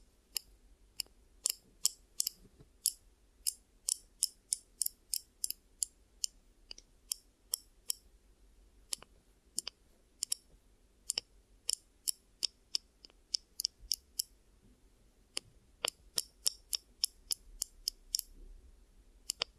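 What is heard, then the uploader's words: ASMR triggers made of crisp, snipping clicks like scissors, repeating about two or three times a second with a few short pauses around the nine and fifteen second marks. Each snip is sharp and bright. A faint low hum sits steadily underneath. ASMR Triggers Over, Under and Inside Your Ears. (No Talking).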